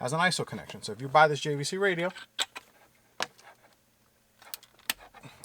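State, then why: Partly seated. Someone talks, then a wiring harness's ISO connector is pushed into the back of a JVC aftermarket car radio for a BMW E90, with sharp plastic clicks and rattles and a click at 4.9 s. The connector is still not fully inserted because of the awkward angle it is being pushed in at.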